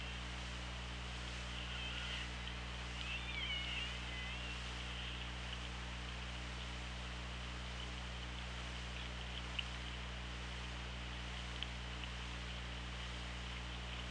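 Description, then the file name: Killer whale calls, a few faint rising and falling whistled tones after three seconds, under a steady low electrical hum and constant hiss. OrcaLab hydrophone, 24 August 2017, 16:11:52. "Orca Lab 20170824 161152"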